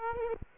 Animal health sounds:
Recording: mosquito wingbeat signal from an infrared sensor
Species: Aedes aegypti

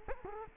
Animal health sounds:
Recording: mosquito wingbeat signal from an infrared sensor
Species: Culex quinquefasciatus

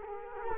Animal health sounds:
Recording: mosquito wingbeat signal from an infrared sensor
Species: Culex quinquefasciatus

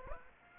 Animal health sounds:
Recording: mosquito wingbeat signal from an infrared sensor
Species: Aedes aegypti

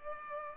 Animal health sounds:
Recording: mosquito wingbeat signal from an infrared sensor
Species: Culex pipiens

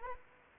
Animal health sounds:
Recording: mosquito wingbeat signal from an infrared sensor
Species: Anopheles gambiae

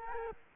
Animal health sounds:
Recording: mosquito wingbeat signal from an infrared sensor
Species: Culex quinquefasciatus

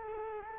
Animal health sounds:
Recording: mosquito wingbeat signal from an infrared sensor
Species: Culex quinquefasciatus

